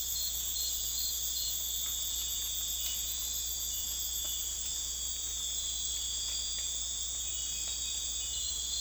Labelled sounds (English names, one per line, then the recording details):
none
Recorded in dense forest near Puerto Asís, Putumayo, Colombia, on 21 December 2024 at 03:00
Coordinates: 0.486, -76.317
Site G003